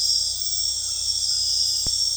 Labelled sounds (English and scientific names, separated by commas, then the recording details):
none
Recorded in dense forest near Puerto Asís, Putumayo, Colombia, on 21 February 2024 at 01:00
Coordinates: 0.485, -76.322
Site G6406